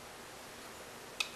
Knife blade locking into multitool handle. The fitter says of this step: and it's locked into place also